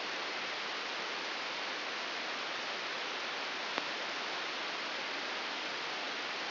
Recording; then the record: brain microelectrode recording played as sound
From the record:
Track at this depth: inside the subthalamic nucleus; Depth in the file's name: 4.208 mm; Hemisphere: right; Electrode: 3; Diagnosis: Parkinson's disease